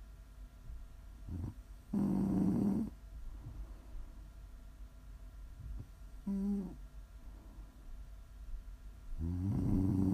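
Three loud, rough, low-pitched snores from an adult sleeper over ten seconds, with quiet breathing between them; ordinary snoring, offered as ASMR for relaxing and winding down to sleep.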